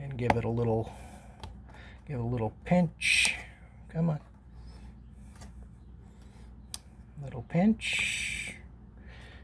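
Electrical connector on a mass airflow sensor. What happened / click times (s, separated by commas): The connector released from the sensor / 6.7 s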